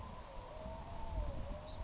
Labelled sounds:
Savannah Sparrow
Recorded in Sonoma County, California

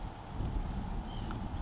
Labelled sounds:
White-breasted Nuthatch
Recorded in Sonoma County, California

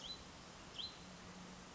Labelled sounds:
Hutton's Vireo
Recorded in Sonoma County, California

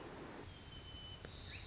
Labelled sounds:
White-crowned Sparrow
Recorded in Sonoma County, California

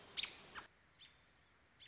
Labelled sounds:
American Robin
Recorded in Sonoma County, California

